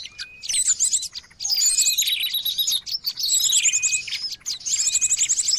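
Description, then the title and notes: Noisy birds twittering, loud bursts of high trills and chirps separated by short pauses, with a few thin whistles. Noisy bird calls used to lure birds. "Burung Ribut Pikat"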